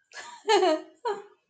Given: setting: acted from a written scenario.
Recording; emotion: vocal sound without words; amusement